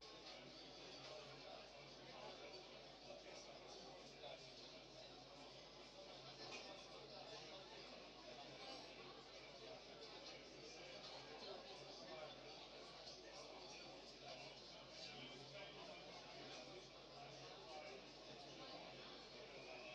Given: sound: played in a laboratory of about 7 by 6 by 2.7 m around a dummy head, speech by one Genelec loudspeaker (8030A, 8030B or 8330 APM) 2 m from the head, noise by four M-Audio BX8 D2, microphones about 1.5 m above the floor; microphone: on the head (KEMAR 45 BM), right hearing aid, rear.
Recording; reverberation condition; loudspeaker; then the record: cafeteria noise; low; four, about 170 cm from the corners of the room and facing them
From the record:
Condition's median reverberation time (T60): about 310 ms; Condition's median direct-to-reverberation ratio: about 3.5 dB